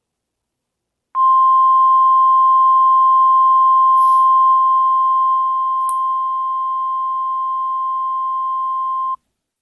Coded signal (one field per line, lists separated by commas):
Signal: Emergency Alert System (SAME) tones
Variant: 1050 Hz attention tone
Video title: My Eas Test